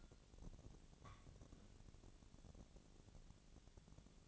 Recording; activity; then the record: daily activity, microphone in the room; take from stove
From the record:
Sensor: 4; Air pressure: 1000.9 hPa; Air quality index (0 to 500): 125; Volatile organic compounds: 1 ppm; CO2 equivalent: 938 ppm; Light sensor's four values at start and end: 47/114/48/54 and 47/115/48/54